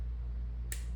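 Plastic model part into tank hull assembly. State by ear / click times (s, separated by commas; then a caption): seated / 0.7 s. A plastic part of a 1/35 scale Tamiya U.S. M41 Walker Bulldog light tank model is pressed into its mounting on the hull assembly over a steady low hum. At 0.7 s a short, crisp snap rings out as the part seats home. It had been aligned correctly but had not wanted to snap into place until then.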